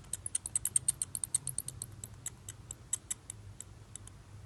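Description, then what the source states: Bat chirps: quick, very high, ticking clicks in irregular bursts, densest in the first second and a half, then sparser, over a faint low rumble. Chirps recorded close up.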